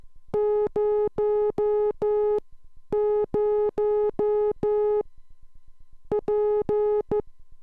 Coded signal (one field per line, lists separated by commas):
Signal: Morse code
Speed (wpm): 14 wpm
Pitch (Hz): 420 Hz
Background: none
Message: 00 P